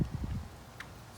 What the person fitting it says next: pops right into the detent and stays in position